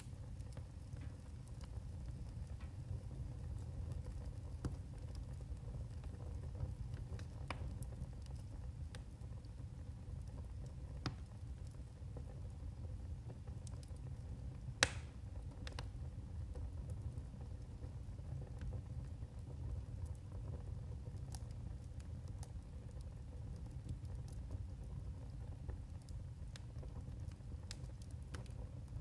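Firewood burns in a wood stove, with a steady low roar of flame underneath. Sharp pops and crackles break through irregularly, a few every second or two, with a noticeably louder snap near the middle.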